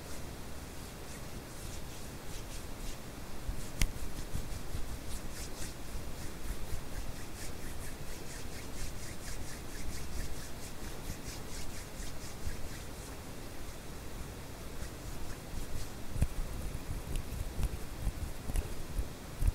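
Hand sounds over a steady bed of white noise that fills the whole twenty seconds. Dense, irregular rubbing and brushing strokes come through as quick bright scratches, with a few sharper taps near four and sixteen seconds. Overall loudness stays even throughout.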